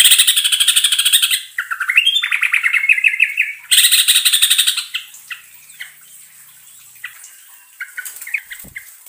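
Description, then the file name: Yellow-vented Bulbul song: two loud buzzy rolling trills, each over a second long, with bubbly warbled notes near two kilohertz between them, then scattered softer chirps. Song in the rapid 'ropelan' style with a long rolling trill ('ngerol panjang'). "suara trucukan ropelan ngerol panjang"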